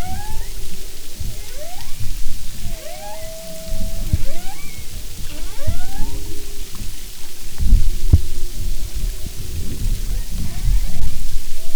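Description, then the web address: Humpback whale calls: short rising whistles and a long level tone, scattered irregularly, with low rumbles and pulses in the background. "Marine Mammals humpback"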